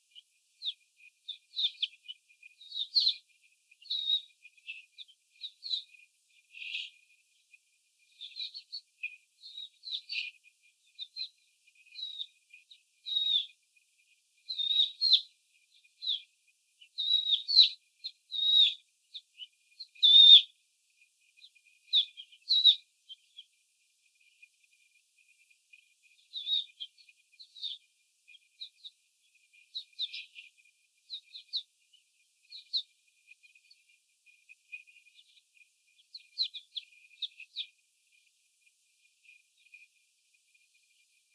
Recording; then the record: young laying hens in a cage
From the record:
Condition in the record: before the stressor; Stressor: simulated dog barking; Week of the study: 4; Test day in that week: 3